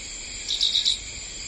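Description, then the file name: Euphonia song: one quick burst of four high, clipped notes lasting about half a second, over a steady high insect drone. "canto do gaturamo preto"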